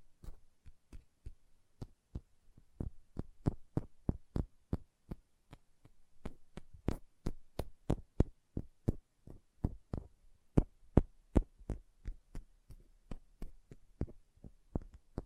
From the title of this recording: ASMR Hand Sounds, Nail Tapping and Lotion Sounds